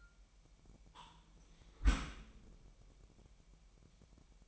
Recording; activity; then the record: daily activity, microphone in the room; close dishwasher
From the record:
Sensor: 1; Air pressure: 998.4 hPa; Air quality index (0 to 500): 137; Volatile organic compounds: 4 ppm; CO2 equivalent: 1638 ppm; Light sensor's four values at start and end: 16/55/22/22 and 16/55/22/22